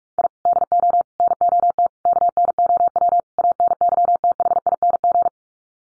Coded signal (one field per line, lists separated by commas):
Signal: Morse code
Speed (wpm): 44 wpm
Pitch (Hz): 700 Hz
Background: none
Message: I DO NOT KNOW ANYTHING